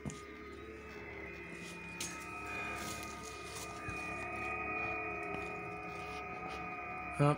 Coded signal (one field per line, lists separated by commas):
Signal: FT8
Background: speech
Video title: Power's Out! Quick Test-Portable Station. Multiband Vertical Antenna 20/17/15/12/10 Meters.